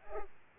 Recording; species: mosquito wingbeat signal from an infrared sensor; Culex pipiens